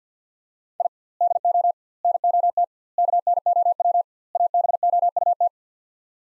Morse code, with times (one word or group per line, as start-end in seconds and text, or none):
0.8-0.9 I
1.2-1.7 DO
2.0-2.6 NOT
3.0-4.0 KNOW
4.4-5.5 ABOUT